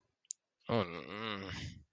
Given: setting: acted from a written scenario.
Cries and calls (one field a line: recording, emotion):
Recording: vocal sound without words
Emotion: distress